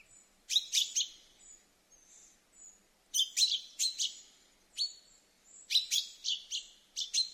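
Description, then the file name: Common chaffinch calling in tight clusters of sharp, ringing notes, with faint thin high whistles in the pauses between bursts. "Fringilla coelebs"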